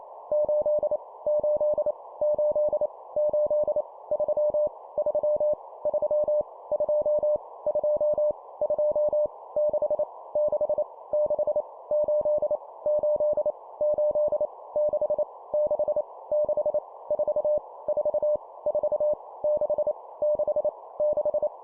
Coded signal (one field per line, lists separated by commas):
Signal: Morse code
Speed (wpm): 28 wpm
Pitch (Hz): 600 Hz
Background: none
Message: 8 8 8 8 3 3 3 2 2 2 6 6 6 8 8 8 6 6 6 4 4 4 6 6 6